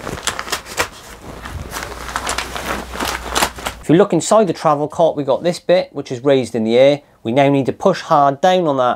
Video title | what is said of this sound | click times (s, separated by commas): How to put UP a TRAVEL COT & DOWN again!! Travel cot assembly made easy. Erect a portable crib fast! | you'll notice they'll lock into place like that | 0.3 s, 2.2 s